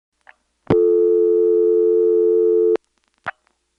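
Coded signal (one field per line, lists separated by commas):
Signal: telephone call progress tone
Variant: North America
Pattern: dial tone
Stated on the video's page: Call progress tone from a senderized XY step-by-step switching office, program 1.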